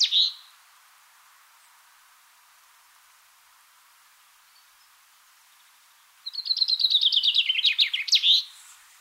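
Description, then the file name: Common chaffinch song: a short high note, a long pause, then a rapid descending trill of bright notes ending in a sharp flourish. "Fringilla coelebs"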